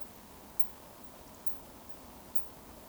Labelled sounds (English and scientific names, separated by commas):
Eurasian Woodcock (Scolopax rusticola) whistle